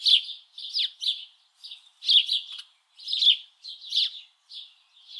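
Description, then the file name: House sparrow giving repeated sharp chirps in quick succession, some notes dropping in pitch, with brief pauses between bursts. "Passer domesticus"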